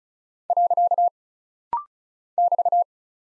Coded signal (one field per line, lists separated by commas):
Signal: Morse code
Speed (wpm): 36 wpm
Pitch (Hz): 700 Hz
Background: none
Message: . <BT>